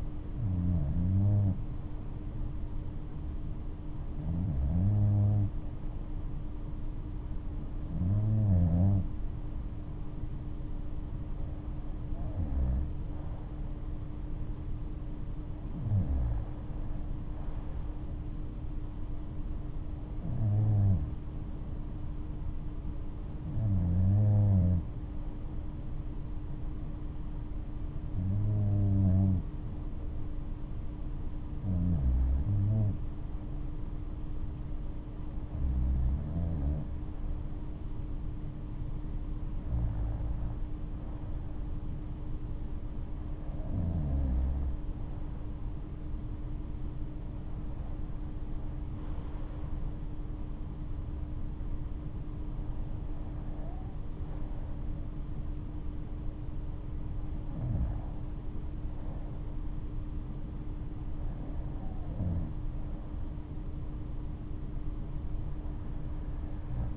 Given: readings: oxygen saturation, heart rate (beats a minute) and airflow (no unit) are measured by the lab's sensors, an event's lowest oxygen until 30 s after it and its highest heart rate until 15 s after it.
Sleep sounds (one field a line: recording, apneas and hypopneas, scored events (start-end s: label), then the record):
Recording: breathing in sleep by a smartphone at the bedside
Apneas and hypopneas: none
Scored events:
none scored
From the record:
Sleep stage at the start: REM sleep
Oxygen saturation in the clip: 94 to 96%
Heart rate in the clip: 63 to 75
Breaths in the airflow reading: 16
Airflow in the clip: -11.6 to 10.5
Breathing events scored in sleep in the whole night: 228 in 5.4 hours asleep